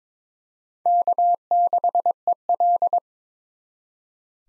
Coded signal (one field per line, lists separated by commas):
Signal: Morse code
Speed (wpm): 22 wpm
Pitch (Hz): 700 Hz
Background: none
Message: K6EL